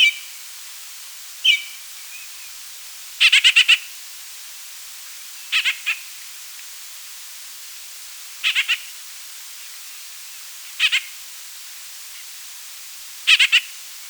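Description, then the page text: White-winged grosbeak calling: single notes or clusters of up to five clipped, ringing notes repeated roughly every two to three seconds, with a faint whistled note near the start. Calls and song. "White-Winged Grosbeak Calls Song. Quick Sounds"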